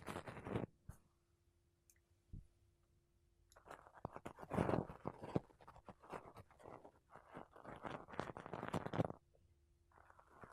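Makeup brushes and a sponge rub against a mic in soft, scratchy bursts. A short brush at the start and a quick tap near two seconds give way to a dense run of sweeping strokes from about three and a half to nine seconds, then quiet. A faint steady hum runs underneath.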